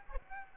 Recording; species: mosquito wingbeat signal from an infrared sensor; Aedes aegypti